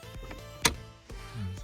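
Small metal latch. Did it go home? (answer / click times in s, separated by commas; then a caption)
yes / 0.7 s. A flat removal key is pushed, flat side facing out, into the release slot on the face of a CD changer until it locks onto the internal retaining clip. The key seats with a sharp, bright click at 0.7 s, set against a low steady hum with softer knocks around it. Someone talks, and the key is confirmed seated.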